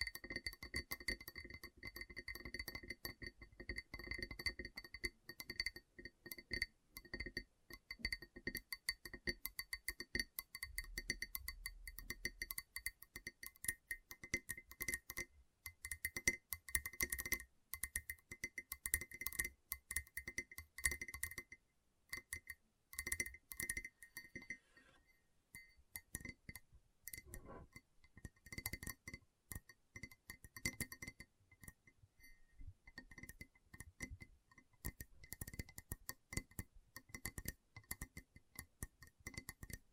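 Gentle tapping goes on throughout as a dense run of quick, light taps with a glassy, clinking ring, small pauses breaking the flow now and then. A faint low hum sits beneath the first dozen seconds, then drops away.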